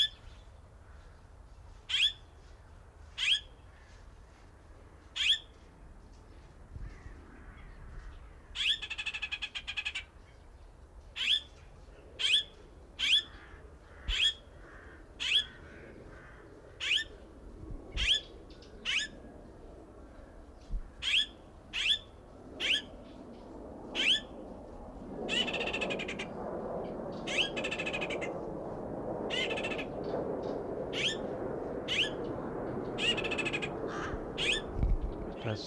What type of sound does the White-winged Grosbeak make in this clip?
call